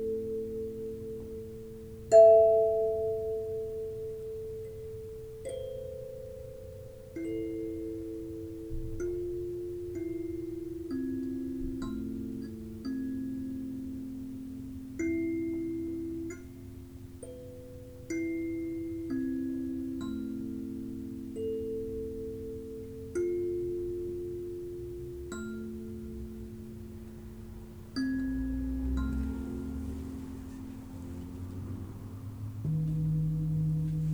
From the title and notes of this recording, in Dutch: Een geleide meditatie met klankschalen waarbij je heerlijk kunt ontspannen.